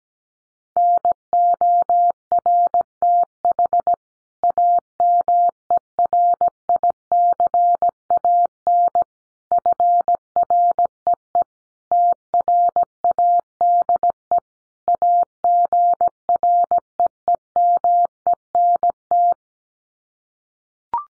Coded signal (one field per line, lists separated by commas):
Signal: Morse code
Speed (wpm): 17 wpm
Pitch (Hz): 700 Hz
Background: none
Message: NORTH AMERICAN FREE TRADE AGREEMENT